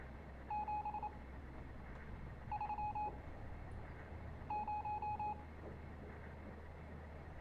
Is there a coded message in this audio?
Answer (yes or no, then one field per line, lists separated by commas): yes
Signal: Morse code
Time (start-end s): 0.5-5.3 s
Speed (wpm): 26 wpm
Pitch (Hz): 840 Hz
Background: none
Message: 730